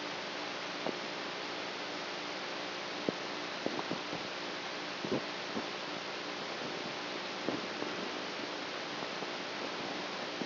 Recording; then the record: brain microelectrode recording played as sound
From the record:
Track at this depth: outside the subthalamic nucleus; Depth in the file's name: -0.71 mm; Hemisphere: right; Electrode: 3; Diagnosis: Parkinson's disease